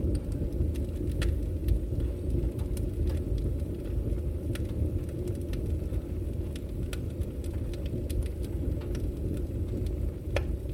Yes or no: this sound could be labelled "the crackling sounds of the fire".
yes